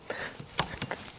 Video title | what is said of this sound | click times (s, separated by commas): Super Pacific Switchback X1 Walk Around and First Impressions | It's a little detent. Whenever you pull this out, you kind of feel it click. | 0.6 s